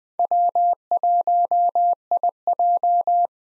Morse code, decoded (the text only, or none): W1IJ